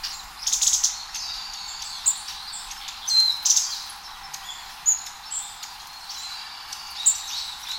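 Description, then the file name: Long-tailed tit calls, sharp very high thin notes in loud bursts near the start and middle, with scattered softer chirps between. "enaga"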